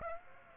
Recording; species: mosquito wingbeat signal from an infrared sensor; Aedes aegypti